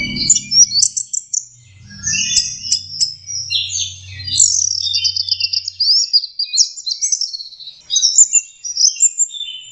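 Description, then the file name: Orange-headed thrush pouring out rapid, high-pitched trills, chirps and warbled whistles without pause, with a low hum fading out midway. Masteran (training) song of orange-headed thrush. "suara masteran anis merah"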